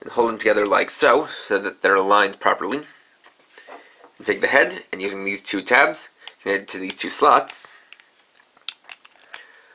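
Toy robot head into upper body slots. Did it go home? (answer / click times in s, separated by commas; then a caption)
yes / 8.7 s. Someone talks while holding two pieces of a transforming toy robot together as the upper body, then pushes the robot's plastic head so its two tabs go into two slots on the upper body. A few small plastic clicks and taps follow, with a sharp click at 8.7 s as the head seats into place.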